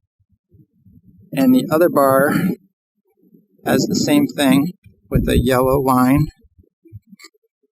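A second support bar marked with a yellow alignment line is handled next to the T-bracket of a Yarbo Y Data Center roof mount, which uses the 2024 quick snap-on connection. Someone talks in three bursts over a quiet background with only faint handling noises. Nothing has seated or clicked into place yet.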